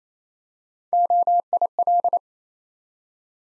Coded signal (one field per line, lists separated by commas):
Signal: Morse code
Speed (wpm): 29 wpm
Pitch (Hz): 700 Hz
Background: none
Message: OIL